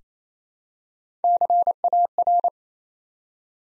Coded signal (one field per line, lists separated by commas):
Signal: Morse code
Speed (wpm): 29 wpm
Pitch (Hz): 700 Hz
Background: none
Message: CAR